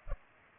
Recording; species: mosquito wingbeat signal from an infrared sensor; Culex pipiens